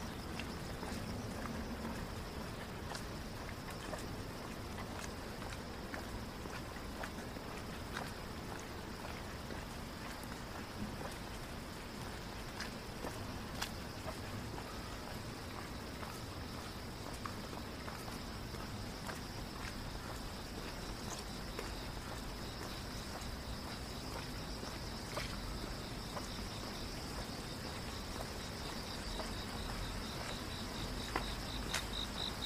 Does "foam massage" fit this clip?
no